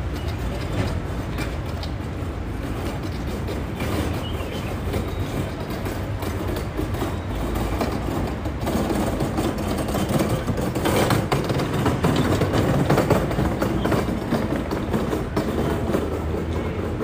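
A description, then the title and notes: A metro train rumbles steadily along with a dense low drone, faint clicking rail noise, and a slight swell in loudness midway. Al Nadha to Al Ghurair center walking,Bus ride,Metro ride experience.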